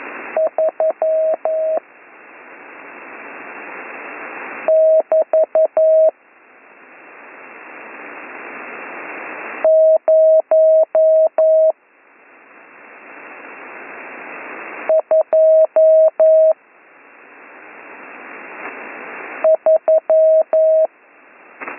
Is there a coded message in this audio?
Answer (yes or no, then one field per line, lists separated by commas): yes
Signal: Morse code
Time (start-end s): 0.4-20.9 s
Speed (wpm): 11 wpm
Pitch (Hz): 640 Hz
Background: radio noise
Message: 3 <BT> 023